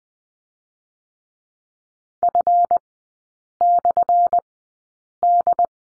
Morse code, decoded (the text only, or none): F/D